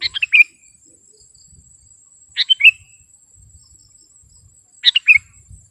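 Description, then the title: Sooty-headed bulbul song: three short bubbly phrases, one about every two and a half seconds, over a steady high insect drone. "kutilang"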